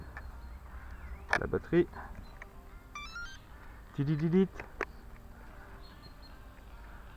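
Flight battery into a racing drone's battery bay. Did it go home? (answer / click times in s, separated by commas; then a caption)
yes / 4.8 s. A flight battery is fitted into the battery bay of an XK X350 Air Dancer racing drone and pushed home. Someone talks, and a short electronic beep sequence sounds around 3.0 s. At 4.8 s a sharp, short click confirms the battery has seated, after which it is checked to be properly closed.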